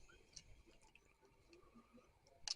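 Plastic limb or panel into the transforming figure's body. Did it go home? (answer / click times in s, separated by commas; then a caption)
yes / 2.5 s. A plastic limb or panel of a Transformers Studio Series DOTM Bumblebee action figure is pushed into the figure's body during transformation. Faint small plastic ticks and rubs build to a sharp, loud snap at 2.5 s as the part seats into place.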